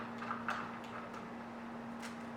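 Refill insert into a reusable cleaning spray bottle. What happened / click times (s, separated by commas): The plastic refill insert snapped into place / 0.3 s, 0.5 s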